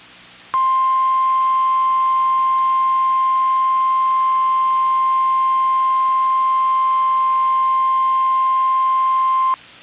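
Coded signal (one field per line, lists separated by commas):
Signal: Emergency Alert System (SAME) tones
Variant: 1050 Hz attention tone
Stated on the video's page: Recreation of a real extreme wind warning for Hurricane Helene's Florida landfall, styled as a TV broadcast.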